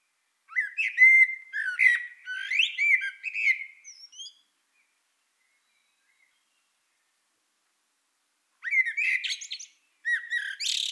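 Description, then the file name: Eurasian blackbird singing rich, fluty warbles that break into thin, scratchy twittering, a long pause, then two shorter phrases near the end. "Turdus merula"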